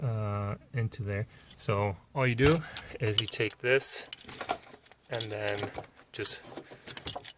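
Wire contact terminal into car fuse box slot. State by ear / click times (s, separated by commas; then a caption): seated / 7.1 s. Someone talks while pushing a crimped wire contact terminal into an empty slot of the fuse/power distribution block on a B8/B8.5 Audi A5/S5, part of retrofitting an RS5 electronic retractable wing spoiler. Small clicks and rattles come from handling the part around 4.4 to 4.9 seconds. The terminal is pushed all the way in and locks with a sharp click at 7.1 seconds, seated in the slot.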